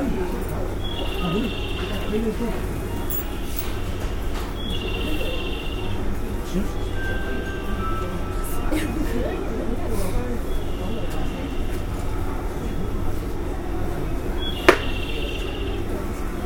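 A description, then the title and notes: Inside a local train, a steady low rumble of the carriage fills the whole clip while people talk in the background. Short bright chimes or beeps repeat every few seconds, and a sharp click or knock stands out near the end. JR西日本 201系 大阪環状線外回り 大阪から天王寺まで. It is running noise of 201 series trains of JR West Japan. I recorded on a local train at Osaka loop line. The section is from Osaka to Tennoji.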